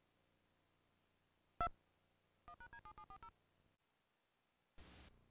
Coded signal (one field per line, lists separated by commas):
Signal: DTMF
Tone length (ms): 80 ms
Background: music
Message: 2 1#D7740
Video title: Small Compilation of DTMF Dial Up Tones on VHS Tapes